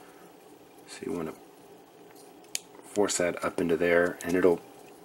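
A plastic tab on a transforming toy robot figure is handled and forced up toward its slot while someone talks. A brief sharp tick at about 2.6 s stands out between bursts of speech. Nothing has seated or clicked into place yet.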